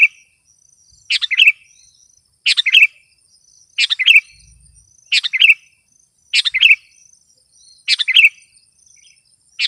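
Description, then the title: Sooty-headed bulbul song: a steady run of short chirpy bubbling phrases, insect buzzing softly throughout. "kutilang"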